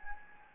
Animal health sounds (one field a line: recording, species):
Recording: mosquito wingbeat signal from an infrared sensor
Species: Anopheles gambiae